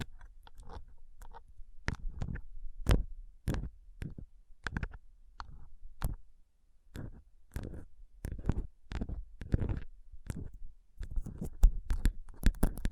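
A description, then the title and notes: Fingers tap and rub over rhinestone-covered palms, producing sharp, bright clicks roughly every half second to second, each with a crisp scratchy edge. Between taps, soft rubbing and low rumbling fill the gaps, and the tapping grows busier and denser toward the end. Tapping & Rubbing Rhinestone Covered Palms.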